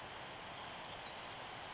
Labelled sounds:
Western Flycatcher (Empidonax difficilis)

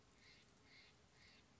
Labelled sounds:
Steller's Jay (Cyanocitta stelleri)

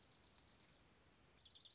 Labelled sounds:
Dark-eyed Junco (Junco hyemalis)

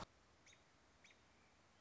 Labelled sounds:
American Robin (Turdus migratorius)

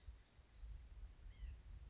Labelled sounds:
White-breasted Nuthatch (Sitta carolinensis)

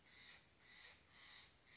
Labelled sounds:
Steller's Jay (Cyanocitta stelleri)

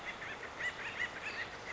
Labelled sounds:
Acorn Woodpecker (Melanerpes formicivorus)

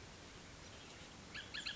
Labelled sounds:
Bullock's Oriole (Icterus bullockii)

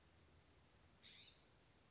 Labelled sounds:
California Scrub-Jay (Aphelocoma californica)

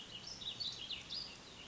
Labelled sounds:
Warbling Vireo (Vireo gilvus)

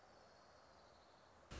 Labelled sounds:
Orange-crowned Warbler (Leiothlypis celata)

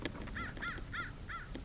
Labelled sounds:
American Crow (Corvus brachyrhynchos)

